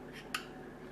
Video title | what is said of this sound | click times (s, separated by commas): Comparision between BrewZilla and DigiBoil Edited | it locks into place | 0.3 s